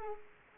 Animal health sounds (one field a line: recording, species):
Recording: mosquito wingbeat signal from an infrared sensor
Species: Culex quinquefasciatus